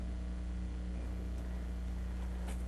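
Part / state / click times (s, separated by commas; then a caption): distributor cap spring clip onto distributor body / not seated / none. A distributor cap is being handled on a Ford tractor as someone reaches in to snap it onto the distributor body with its two spring clips. A steady low hum with strong low-frequency tones runs throughout, with faint brief rustles near 1.4 and 2.5 seconds. Nothing has seated or clicked yet.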